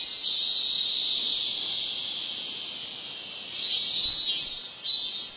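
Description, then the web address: Min-min cicada song, a dense high buzzing drone that holds steady, then swells in two louder surges near the end. "~kohsei hotaru ikimono doubutu minminzemi"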